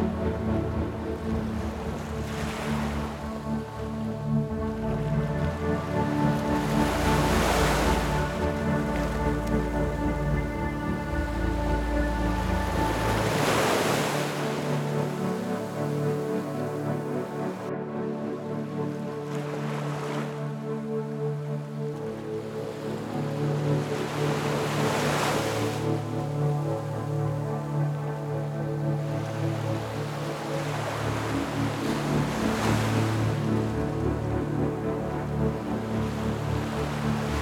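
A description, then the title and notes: Music plays over light crashing waves, with sustained tones and a low bass line running steadily through the clip. Waves wash in roughly every five to six seconds, swelling and fading behind the music. Around seventeen seconds there is a brief dip. Music Over Light Crashing Waves.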